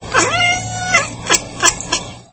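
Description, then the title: Cat meowing: one drawn-out, wavering meow followed by three short clicking or tapping sounds. The owner's own pet cat. "kucingku"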